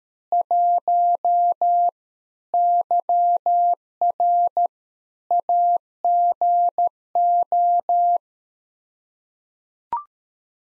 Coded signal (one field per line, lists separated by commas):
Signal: Morse code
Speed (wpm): 13 wpm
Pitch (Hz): 700 Hz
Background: none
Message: 1 YR AGO